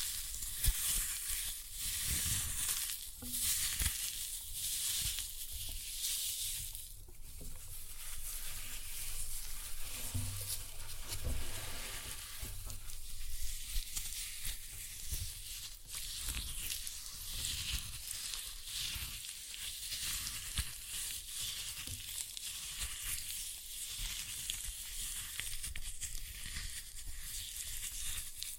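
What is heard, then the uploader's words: Floral foam is crushed in a steady, dense crackle and hiss, with brief crunchy bursts scattered throughout and a few soft low thumps. Floral Foam Glitter Bomb Crushing.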